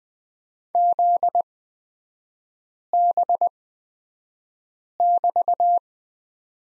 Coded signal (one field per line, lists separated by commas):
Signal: Morse code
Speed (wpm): 20 wpm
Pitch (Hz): 700 Hz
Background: none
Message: ZB<BT>